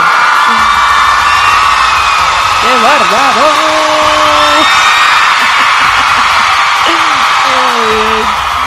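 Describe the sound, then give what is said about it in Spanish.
An audience ovation after a parody, Ranma el Trenzudo: steady, dense cheering and clapping noise throughout, with rising and wavering whoops cutting through midway and again near the end, and a voice shouting an exclamation. “La parodia, una ovación.”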